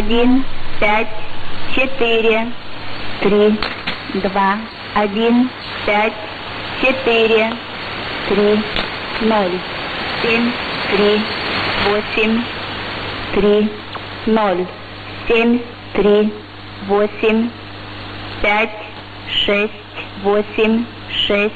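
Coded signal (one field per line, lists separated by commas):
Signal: numbers station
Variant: S06s, Russian language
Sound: female voice reading short evenly spaced words, likely numbers, over steady radio hiss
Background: radio static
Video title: 28 11 2018 S06s Russian Lady Numbers station in Russian to Eu 0830 on 9262 & 11535 unknown tx site U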